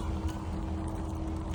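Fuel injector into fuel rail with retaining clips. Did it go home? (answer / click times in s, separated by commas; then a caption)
no / none. A new fuel injector with greased O-rings, greased so it slides in easily, is being pushed into the fuel rail or port of a 2010–2015 Mazda 3 to lock its new retaining clips. Only a steady low hum with a faint constant tone is heard, with no sharp sounds. The clips have not locked and nothing has seated yet.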